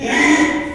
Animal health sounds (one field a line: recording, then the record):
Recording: squeal of a Yucatan mini pig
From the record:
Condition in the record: after surgery on the right vocal fold (resection and tissue-engineered implant)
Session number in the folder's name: 3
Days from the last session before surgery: 33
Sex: male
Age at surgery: 12 weeks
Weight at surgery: 13 kg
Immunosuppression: cyclosporine, prednisolone